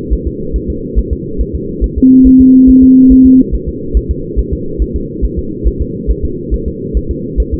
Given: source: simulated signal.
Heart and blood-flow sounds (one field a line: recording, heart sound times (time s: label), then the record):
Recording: fetal heart sounds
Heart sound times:
0.13 s: S1
0.27 s: S2
0.56 s: S1
0.70 s: S2
0.99 s: S1
1.13 s: S2
1.41 s: S1
1.55 s: S2
1.84 s: S1
1.98 s: S2
2.27 s: S1
2.41 s: S2
2.70 s: S1
2.84 s: S2
3.12 s: S1
3.26 s: S2
3.55 s: S1
3.69 s: S2
3.97 s: S1
4.11 s: S2
4.39 s: S1
4.53 s: S2
4.82 s: S1
4.96 s: S2
5.25 s: S1
5.39 s: S2
5.68 s: S1
5.82 s: S2
6.11 s: S1
6.25 s: S2
6.54 s: S1
6.68 s: S2
6.97 s: S1
7.11 s: S2
7.40 s: S1
7.54 s: S2
From the record:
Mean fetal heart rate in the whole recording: 140 bpm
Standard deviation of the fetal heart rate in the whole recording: 2 bpm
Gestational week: 34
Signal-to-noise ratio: -6.6 dB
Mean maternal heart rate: 72 bpm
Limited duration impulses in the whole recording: present